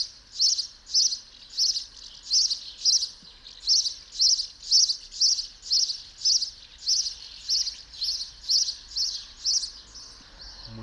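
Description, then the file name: House sparrow chirps, bright and metallic, repeated steadily at roughly two per second through the whole stretch, with faint low background rumble. "Passer domesticus"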